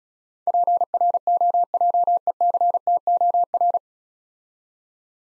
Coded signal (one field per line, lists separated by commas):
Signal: Morse code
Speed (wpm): 36 wpm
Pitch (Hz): 700 Hz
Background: none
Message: PROJECTOR